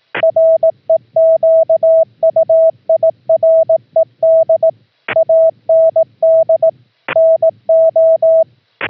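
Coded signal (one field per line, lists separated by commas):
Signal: Morse code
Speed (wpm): 18 wpm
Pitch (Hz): 650 Hz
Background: none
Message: REQUIRED AND NO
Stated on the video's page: CW sent as audio tones (AFCW) from a remote laptop's microphone jack over an OPUS audio-over-IP link, keying the home rig via VOX.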